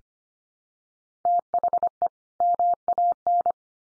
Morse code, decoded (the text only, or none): THE MAN